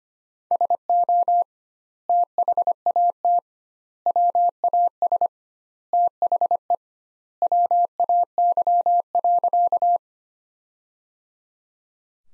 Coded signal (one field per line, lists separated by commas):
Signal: Morse code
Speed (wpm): 25 wpm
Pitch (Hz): 700 Hz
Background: none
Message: SO THAT WAS THE WAY.